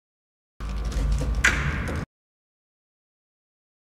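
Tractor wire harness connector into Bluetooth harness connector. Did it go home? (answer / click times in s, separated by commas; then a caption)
yes / 1.5 s. A tractor wire harness connector is pushed into the Bluetooth harness connector under the dash of a John Deere Select Series lawn tractor. Soft handling rustle runs from about 0.6 s to 2.0 s, with a sharp click at 1.5 s as the connector fully seats. Silence follows.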